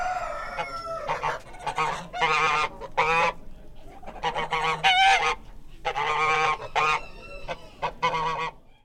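American Buff goose honking: loud, harsh nasal honks in quick bursts and clusters with brief pauses, continuing throughout with a low steady hum beneath.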